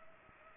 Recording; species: mosquito wingbeat signal from an infrared sensor; Culex pipiens